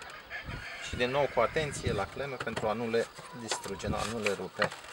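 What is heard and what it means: A plastic retaining clip on the rear light cluster of a Peugeot 308 is handled and pressed toward its mount, with care taken not to break the clips so the lamp stays sealed. Someone talks throughout over faint handling noise. Nothing has seated or clicked yet.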